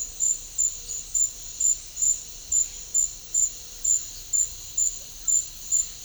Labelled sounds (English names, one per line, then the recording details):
none
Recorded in pastures near Puerto Asís, Putumayo, Colombia, on 26 December 2024 at 10:30
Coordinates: 0.496, -76.326
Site G004